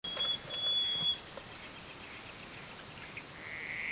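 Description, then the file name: Common nightingale song: one level high whistle lasting about a second, then a faint rising whistle near the end over steady background noise. "Luscinia megarhynchos"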